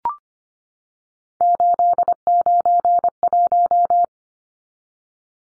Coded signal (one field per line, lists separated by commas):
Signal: Morse code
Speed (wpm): 25 wpm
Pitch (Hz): 700 Hz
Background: none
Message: 891